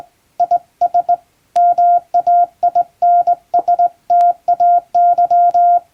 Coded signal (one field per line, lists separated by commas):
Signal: Morse code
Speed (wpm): 20 wpm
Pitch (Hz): 700 Hz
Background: none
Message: IS MAINSTAY